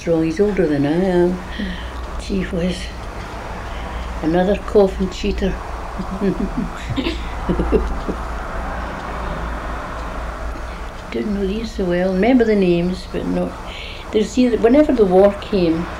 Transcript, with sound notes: He's older than I am. Gee whizz. Another coffin cheater. [laughs] Don't know these so well. I remember the names but not. You see, whenever the war came,